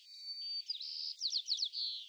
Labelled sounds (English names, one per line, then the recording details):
White-crowned Sparrow song
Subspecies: nuttalli
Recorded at Morro Bay, California, in 2014
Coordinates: 35.368, -120.867
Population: south
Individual MORR_maleH_14